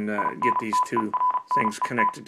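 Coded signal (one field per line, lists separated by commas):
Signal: Morse code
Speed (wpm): 36 wpm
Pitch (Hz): 1000 Hz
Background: speech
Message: INTERNET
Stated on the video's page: CW copied acoustically from a speaker by an Arduino tone decoder via a microphone amplifier.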